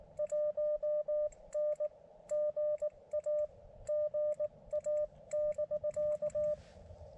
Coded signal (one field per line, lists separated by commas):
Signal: Morse code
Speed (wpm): 19 wpm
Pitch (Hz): 600 Hz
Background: none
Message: 1N GA GA<BK>